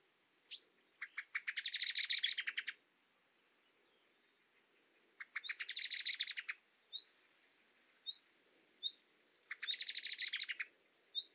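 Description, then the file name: Common blackbird chattering calls: three loud, rattling bursts roughly every four seconds, with thin, high, single notes scattered between them. "Turdus merula"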